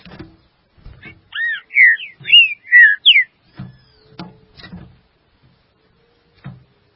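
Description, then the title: Green-winged saltator gives a quick phrase of clear, slurred whistles, rising and falling, amid scattered low knocking sounds. "Trinca Ferro"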